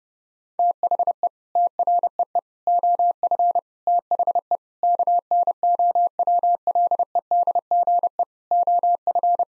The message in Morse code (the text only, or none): THE TREE OF THE KNOWLEDGE OF